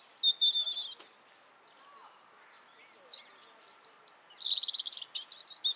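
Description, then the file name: European robin singing a high, sustained warbled phrase, pausing, then a run of piercing whistles and rapid, jangling trilled notes. "Erithacus rubecula"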